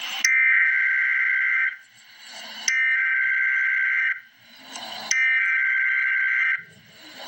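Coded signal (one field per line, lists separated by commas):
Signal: Emergency Alert System (SAME) tones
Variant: header bursts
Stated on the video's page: Frost Advisory alert.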